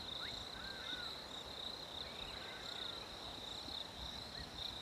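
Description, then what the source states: Cricket chirping as a steady high, unbroken trill with soft hiss beneath, joined by a few faint, brief bird chirps. Winter ambience with crickets and birds.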